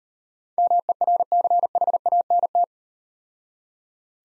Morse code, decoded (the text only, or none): MERCHANT